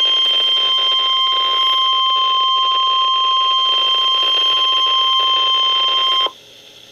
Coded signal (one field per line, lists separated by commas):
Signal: Emergency Alert System (SAME) tones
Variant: 1050 Hz attention tone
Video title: Severe Thunderstorm Warning [EAS 504] | NOAA Weather Radio (8/9/2012)